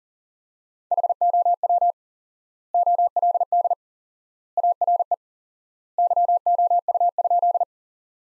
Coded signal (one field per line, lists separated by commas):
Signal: Morse code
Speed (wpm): 40 wpm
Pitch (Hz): 700 Hz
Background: none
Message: HOW OLD ARE YOU?